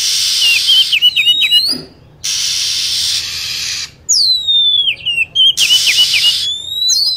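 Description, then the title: Lovebird calls: shrill whistled chirps and downward slides between broad rasping screeches, each lasting a second or two, repeated several times. Lure sound for attracting lovebirds. "PIKAT BURUNG LOVEBIRD"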